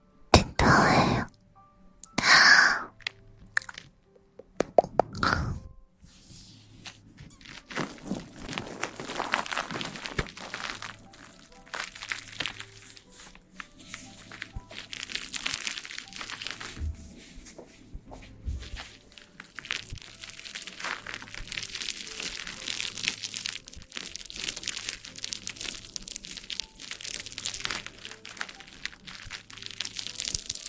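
Ear cleaning and ear massage, with crinkly, crackling rubs and scratches. The first five seconds bring a few loud, sharp bursts, then a long stretch of dense, steady rustling and scraping with a faint low hum pulsing underneath.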